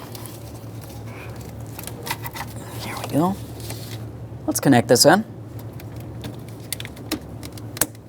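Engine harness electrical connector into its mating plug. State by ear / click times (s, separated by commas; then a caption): seated / 7.8 s. On a 1998-2011 Ford Ranger 2.3L L4 during a valve cover gasket replacement, an engine harness electrical connector near the intake is pushed together into its mating plug while someone talks. Light handling clicks and rustles are heard throughout, and a sharp click at 7.8 s marks the connector seating, after which it is tugged to confirm it is secure.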